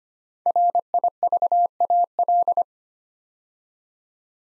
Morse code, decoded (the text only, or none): RIVAL